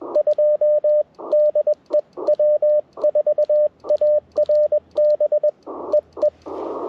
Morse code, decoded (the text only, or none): 2 DE W4ARB EE